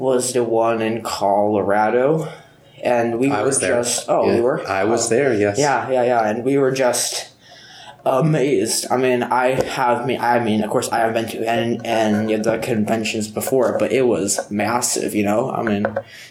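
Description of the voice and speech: A 14-year-old boy who stutters speaks in an interview at a convention for young people who stutter, with repeated words and restarted phrases. His stuttering began around first or second grade.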